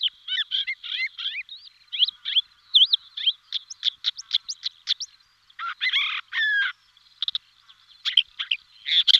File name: averla cenerina